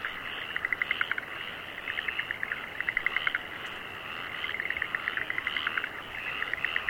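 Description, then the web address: Frogs calling in fast pulsed rattles, several bursts in sequence over a steady background chorus. Frogs in rice fields in Aomori, Japan. "Sound Effects-Foundation 1 ANIMAL FROGS AOMORI RICE FIELDS"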